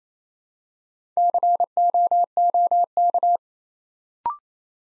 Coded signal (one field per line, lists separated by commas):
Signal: Morse code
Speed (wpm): 29 wpm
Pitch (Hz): 700 Hz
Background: none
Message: COOK